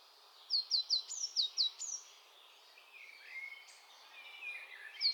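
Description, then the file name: Eurasian blue tit giving a rapid series of about seven high, falling call notes, then quieter warbling from other birds and one more note at the end. "Cyanistes caeruleus"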